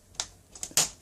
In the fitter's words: and then it pops into place.